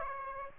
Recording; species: mosquito wingbeat signal from an infrared sensor; Aedes aegypti